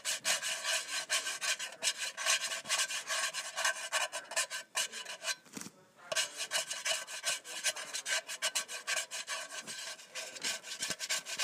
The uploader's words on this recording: ASMR Scratching a Can of Soup.